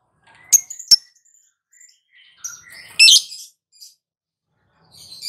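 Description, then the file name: Lovebird chirps: scattered short high tweets and two sharp clicks, then a brief louder harsh burst near the middle, with quiet gaps between. Lovebird singing in the ngetik (ticking) style and a long ngekek trill. "lovebird ngetik ngekek panjang"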